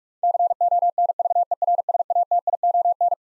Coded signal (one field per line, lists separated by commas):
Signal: Morse code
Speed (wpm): 46 wpm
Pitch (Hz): 700 Hz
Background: none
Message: CONVERSATION